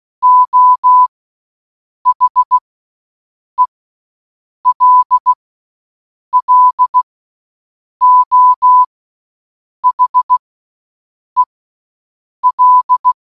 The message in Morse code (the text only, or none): O HELLO HEL